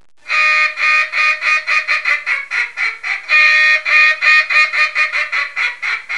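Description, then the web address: Mallard uttering two runs of loud, harsh quacks in quick succession, the second starting with a longer drawn-out quack. "Duck 224-Mallard"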